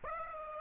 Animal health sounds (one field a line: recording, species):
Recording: mosquito wingbeat signal from an infrared sensor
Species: Aedes aegypti